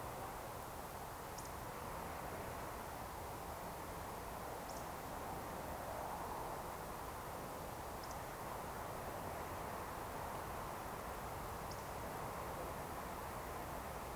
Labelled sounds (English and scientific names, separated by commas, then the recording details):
Eurasian Woodcock (Scolopax rusticola)
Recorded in Baden-Württemberg, Germany, on 28 June 2020 at 19:55 UTC
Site 43791, 788 m above sea level